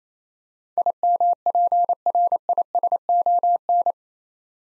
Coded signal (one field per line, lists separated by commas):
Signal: Morse code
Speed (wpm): 28 wpm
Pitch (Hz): 700 Hz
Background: none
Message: IMPRISON